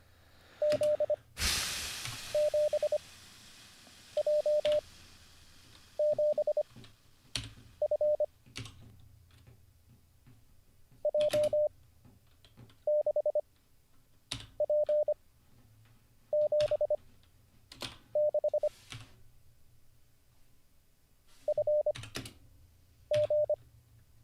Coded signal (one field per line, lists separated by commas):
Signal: Morse code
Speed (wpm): 25 wpm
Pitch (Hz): 600 Hz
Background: none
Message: Z 7 J 7 F J 6 P 7 6 F G